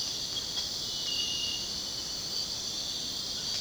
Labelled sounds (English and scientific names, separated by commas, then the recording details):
none
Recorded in secondary vegetation near Puerto Asís, Putumayo, Colombia, on 19 February 2024 at 04:00
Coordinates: 0.472, -76.331
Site G6371